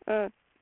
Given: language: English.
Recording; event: throat vibration sensor signal played as sound; speech